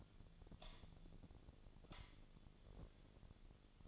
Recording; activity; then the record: daily activity, microphone in the room; light on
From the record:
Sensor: 4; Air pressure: 1010.7 hPa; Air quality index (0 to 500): 170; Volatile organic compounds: 5 ppm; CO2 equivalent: 1726 ppm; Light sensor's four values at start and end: 38/111/44/45 and 39/112/44/45